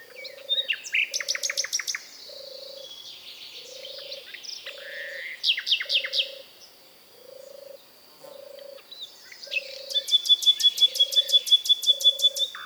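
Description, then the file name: Common nightingale song of fast repeated note bursts and a long rapid rattling series at the end, with a low croaking note pulsing steadily about every second. "Nightingale"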